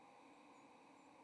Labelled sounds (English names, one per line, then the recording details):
White-throated Sparrow flight call
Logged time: 07:43 on 30 October 2014